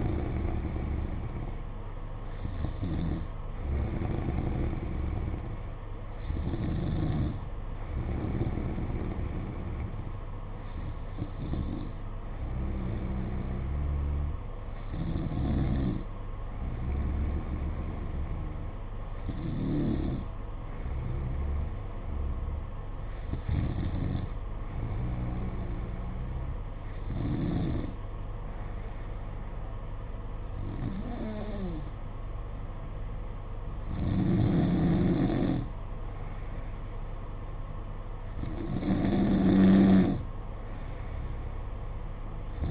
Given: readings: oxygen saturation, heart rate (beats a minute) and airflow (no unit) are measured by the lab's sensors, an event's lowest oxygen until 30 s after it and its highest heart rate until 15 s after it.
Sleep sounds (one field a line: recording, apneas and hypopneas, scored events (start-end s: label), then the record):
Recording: breathing in sleep by a smartphone at the bedside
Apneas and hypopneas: none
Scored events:
none scored
From the record:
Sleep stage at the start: N2 (light sleep)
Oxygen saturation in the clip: 93%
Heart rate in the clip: 53 to 57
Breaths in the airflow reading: 10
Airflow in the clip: -4.3 to 3.7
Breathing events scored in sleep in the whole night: 476 in 9.7 hours asleep